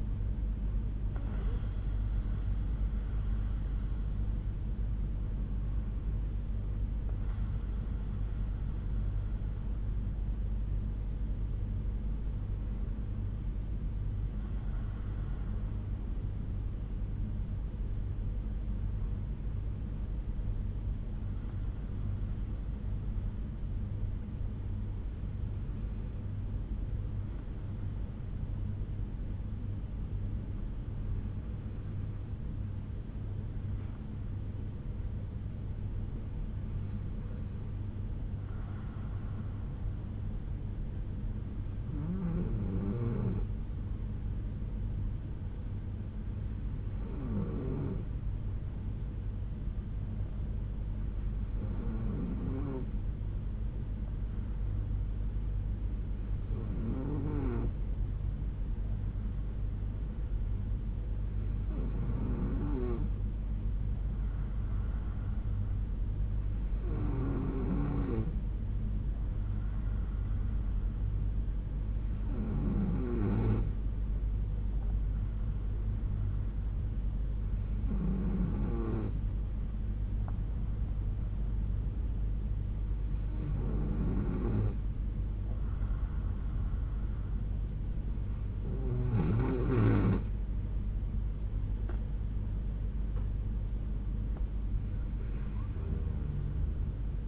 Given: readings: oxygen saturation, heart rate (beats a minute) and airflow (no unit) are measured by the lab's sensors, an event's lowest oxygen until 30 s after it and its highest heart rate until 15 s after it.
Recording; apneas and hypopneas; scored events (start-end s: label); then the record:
breathing in sleep by a smartphone at the bedside; 1
20.00-88.40 s: hypopnea (N2, oxygen 96% highest, then 92% lowest, heart rate 60 at the start, 73 highest)
34.00-94.00 s: new sleep stage, N3 (deep sleep)
94.00-97.28 s: new sleep stage, N2 (light sleep)
From the record:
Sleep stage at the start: N2 (light sleep); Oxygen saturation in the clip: 92 to 96%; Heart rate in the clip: 58 to 73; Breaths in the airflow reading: 18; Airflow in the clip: -6.0 to 6.3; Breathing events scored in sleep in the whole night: 368 in 8.0 hours asleep